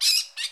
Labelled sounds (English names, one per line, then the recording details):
Brown-throated Parakeet contact call
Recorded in Curacao
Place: Hoffi Jan Thiel
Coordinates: 12.094, -68.877